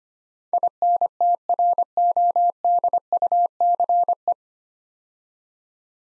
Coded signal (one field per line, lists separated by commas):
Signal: Morse code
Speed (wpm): 25 wpm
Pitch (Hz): 700 Hz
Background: none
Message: INTRODUCE